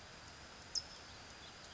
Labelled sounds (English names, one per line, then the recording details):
California Towhee
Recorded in Sonoma County, California